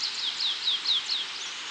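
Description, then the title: Stripe-tailed yellow finch calls: thin high descending notes repeated in quick succession over a steady broad hiss. Subspecies Sicalis citrina citrina, assumed from location. "LuckyPassaro Completos2Sama. Stripe-tailed Yellow Finch (Sicalis citrina citrina (ssp assumed from location))"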